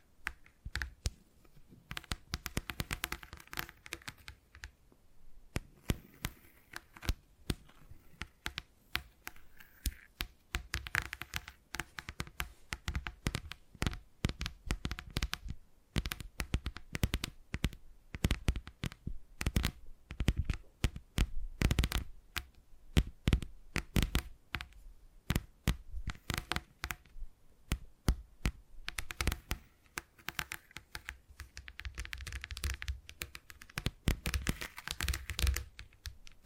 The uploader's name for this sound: Brain Tingly Tapping Sounds